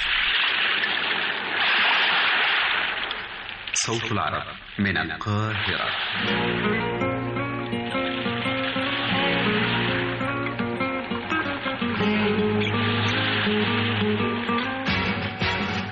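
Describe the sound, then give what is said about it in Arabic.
Steady rushing surf of sea waves fills the opening few seconds, then a man's voice speaks briefly and sustained melodic music takes over. “وسماتك يا بحر وانت بتحكي عن اسرار شايلها الموج في بحر ماله قرار.”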